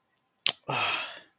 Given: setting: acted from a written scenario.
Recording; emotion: vocal sound without words; contempt